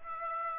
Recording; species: mosquito wingbeat signal from an infrared sensor; Aedes aegypti